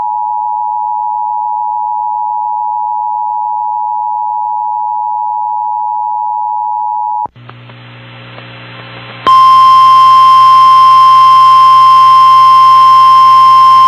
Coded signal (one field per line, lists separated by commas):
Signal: Emergency Alert System (SAME) tones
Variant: 853 and 960 Hz attention tone